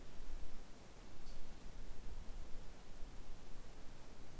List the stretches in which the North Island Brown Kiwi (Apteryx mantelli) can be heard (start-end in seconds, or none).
none